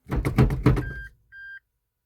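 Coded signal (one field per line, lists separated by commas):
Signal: beep code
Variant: Toyota MMT gearbox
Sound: mechanical clunks and knocks, then two short steady beeps about a quarter second each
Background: mechanical clunks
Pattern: 2 short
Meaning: Two short beeps confirm the gearbox calibration step was accepted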